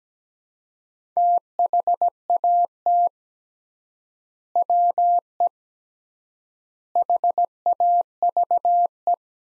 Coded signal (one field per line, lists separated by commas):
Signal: Morse code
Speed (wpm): 17 wpm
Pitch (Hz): 700 Hz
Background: none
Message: THAT WE HAVE